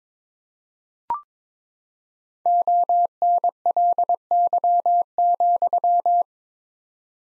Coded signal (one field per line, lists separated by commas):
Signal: Morse code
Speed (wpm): 21 wpm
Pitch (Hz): 700 Hz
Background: none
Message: ONLY,